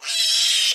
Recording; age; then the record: pig call; piglet (1 to 25 days)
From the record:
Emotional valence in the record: negative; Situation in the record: restrain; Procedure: in the arms of a person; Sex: male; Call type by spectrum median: high-frequency call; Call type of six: high-frequency modulated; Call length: 0.75 s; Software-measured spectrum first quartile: 3411 Hz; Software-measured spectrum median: 4398 Hz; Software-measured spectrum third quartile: 5974 Hz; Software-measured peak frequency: 3919 Hz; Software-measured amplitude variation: 87 dB a second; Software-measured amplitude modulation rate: 20.6 a second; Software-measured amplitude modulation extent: 4.2 dB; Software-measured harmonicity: 1.8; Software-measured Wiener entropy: -2.34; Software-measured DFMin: 1074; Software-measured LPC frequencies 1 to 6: 1895, 2685, 3185, 3886, 5292, 6327 Hz